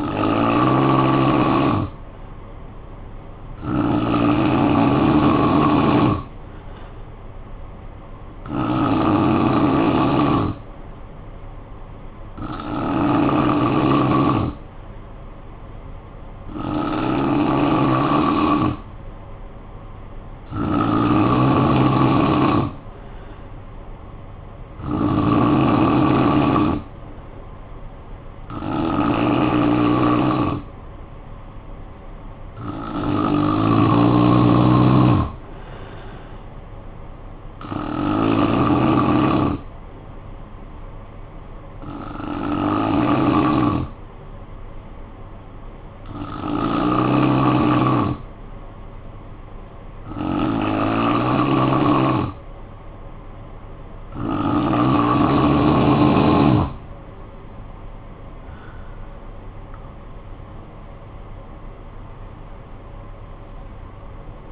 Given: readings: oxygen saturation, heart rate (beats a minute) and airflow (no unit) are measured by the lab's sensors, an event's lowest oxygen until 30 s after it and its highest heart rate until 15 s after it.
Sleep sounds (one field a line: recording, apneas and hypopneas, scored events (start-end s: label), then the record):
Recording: breathing in sleep by a smartphone at the bedside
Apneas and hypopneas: 1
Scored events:
44.00-57.50 s: hypopnea (N3, oxygen 93% highest, then 90% lowest, heart rate 53 at the start, 80 highest)
57.00-64.52 s: new sleep stage, N2 (light sleep)
From the record:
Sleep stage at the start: N3 (deep sleep)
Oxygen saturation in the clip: 89 to 93%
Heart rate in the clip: 53 to 80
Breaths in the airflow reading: 15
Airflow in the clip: -13.4 to 13.0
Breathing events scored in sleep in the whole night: 445 in 7.6 hours asleep